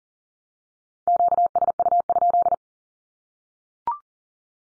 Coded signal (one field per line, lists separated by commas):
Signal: Morse code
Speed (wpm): 37 wpm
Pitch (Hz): 700 Hz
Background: none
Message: QSU?